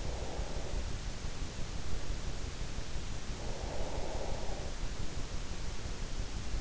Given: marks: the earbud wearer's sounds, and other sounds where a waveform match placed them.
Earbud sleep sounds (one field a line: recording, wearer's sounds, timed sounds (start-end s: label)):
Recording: sounds in sleep by an in-ear microphone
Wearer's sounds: breath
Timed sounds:
0.06-1.20 s: breath
3.45-5.04 s: breath